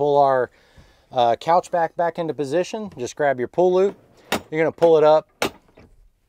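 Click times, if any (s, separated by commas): 5.4 s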